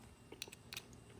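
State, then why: Seated. During reassembly of a Marlin 917 rifle bolt, a small steel part on the side of the bolt, probably the extractor, is pressed down into its slot. A sharp click at 0.4 s marks it seating fully, with quieter ticks around it. The part ends up properly seated, and both sides of the bolt are good.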